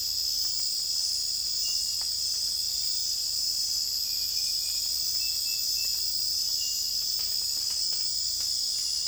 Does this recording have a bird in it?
no